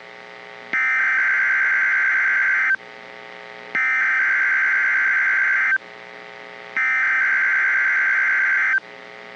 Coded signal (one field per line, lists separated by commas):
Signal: Emergency Alert System (SAME) tones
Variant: header bursts